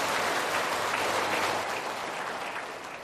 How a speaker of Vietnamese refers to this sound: Xin quý vị hãy dành những tràng pháo tay và cùng lắng nghe.